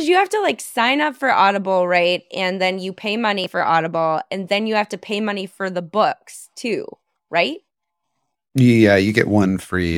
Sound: none